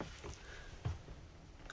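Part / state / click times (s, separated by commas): window stay arm in motorhome window frame / seated / 1.7 s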